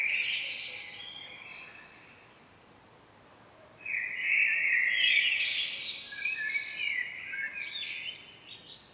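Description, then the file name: Common blackbird song: a brief scratchy twitter, several seconds of near quiet, then a loud warbling phrase with shrill twittered endings. "Turdus merula"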